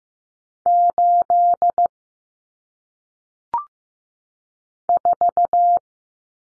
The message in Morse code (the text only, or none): 8 4